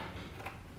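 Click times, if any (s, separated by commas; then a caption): none. The last snap ring is being handled onto the rear wheel drive shaft of a Honda lawnmower, after the washer, to hold the wheel drive parts in place. Low, steady handling noise carries one brief metallic tick at about 0.5 s. Nothing has seated or clicked into the groove yet.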